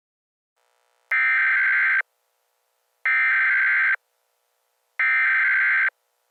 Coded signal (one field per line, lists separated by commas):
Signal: Emergency Alert System (SAME) tones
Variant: header bursts